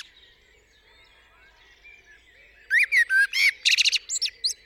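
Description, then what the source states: Blackbird song phrase after a quiet start: mellow whistled notes running into a rapid high-pitched twittering flourish, with soft background birdsong. Singing on a studio roof in the UK, 8 April 2020 around 7am, still morning during Covid-19 lockdown; recorded with a parabolic dish, MKH50 and MKH30 microphones in M/S, Sonosax R4+ recorder.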